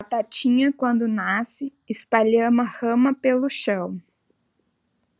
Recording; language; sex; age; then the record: short text; Brazilian Portuguese; female; 40 to 49 years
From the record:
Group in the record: control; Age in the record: 42 years